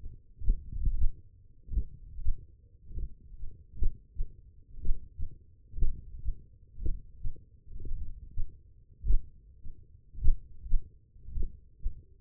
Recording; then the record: forearm muscle sounds (acoustic myography)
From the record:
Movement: index flexion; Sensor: system 1, eight BSWA MPA416 microphones around the upper forearm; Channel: 5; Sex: male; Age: 42 years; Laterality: right